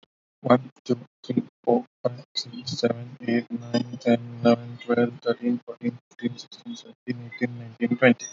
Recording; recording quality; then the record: counting at a fast pace; excellent, no background noise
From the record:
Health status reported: healthy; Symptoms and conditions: cough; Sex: male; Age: 26 years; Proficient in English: yes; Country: India